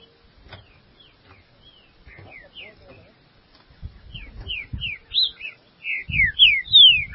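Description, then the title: Green-winged saltator song: short whistled notes, first sparse, then a louder run of rapid slurred downward whistles near the end, with low rumbling in the background. "Trinca Ferro"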